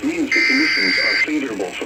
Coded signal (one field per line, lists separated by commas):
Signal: Emergency Alert System (SAME) tones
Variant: header bursts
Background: speech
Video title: EAS alerts from August 1-3, 2022, EAS 1,024-1,057